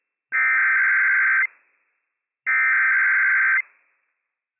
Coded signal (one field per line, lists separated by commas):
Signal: Emergency Alert System (SAME) tones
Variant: header bursts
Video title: Franklin County Emergency Management Required Weekly Test - WWF56 - EAS #291 - 8:50 AM PDT 10/27/22